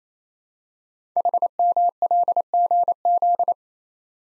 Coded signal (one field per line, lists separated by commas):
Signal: Morse code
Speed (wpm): 28 wpm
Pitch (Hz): 700 Hz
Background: none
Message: HMLGZ